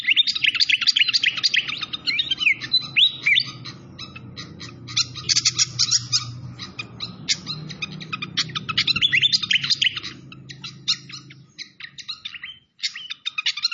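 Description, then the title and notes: Malaysian pied fantail song: a long stream of fast, squeaky whistles and chatters, with a steady low rushing sound like flowing water underneath. Masteran (bird-training recording) of a clear-voiced bird, mixed with the sound of gurgling flowing water. "Masteran Sikatan Kipas Suara Jernih Dan Suara Gemericik Air. Suara Burung Sikatan Londo"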